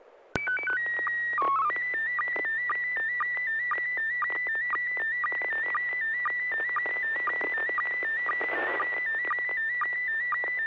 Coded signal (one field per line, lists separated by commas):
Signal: SSTV (slow-scan television)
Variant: PD 120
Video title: N6NA SSTV Net - 04/01/2026